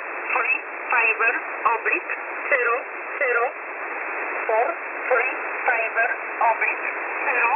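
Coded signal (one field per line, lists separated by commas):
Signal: numbers station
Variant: E11 (Oblique)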